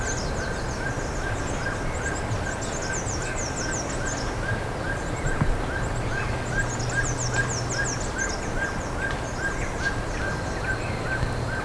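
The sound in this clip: Bird calls, a mid-pitched note repeated regularly throughout, joined by bursts of high thin chirping and a low steady hum.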